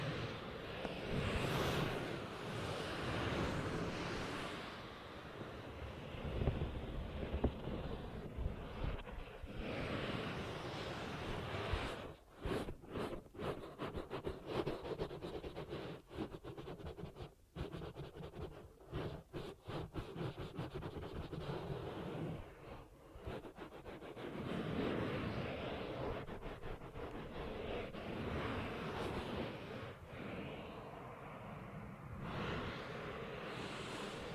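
Ear cupping triggers make a muffled, rushing hum, steady at first, then broken by rapid soft patting pulses around the middle before settling again.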